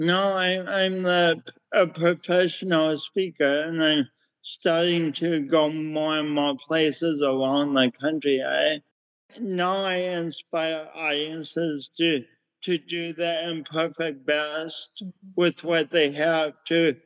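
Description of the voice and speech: Slow, effortful man's speech with nasal vowels, drawn-out sounds and breaks: dysarthria.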